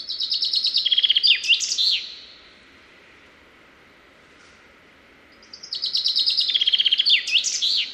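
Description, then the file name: Common chaffinch song repeated twice: cascading trill of crisp notes falling step by step, finishing with an emphatic twisting end note, separated by about three seconds of near silence. "Fringilla coelebs"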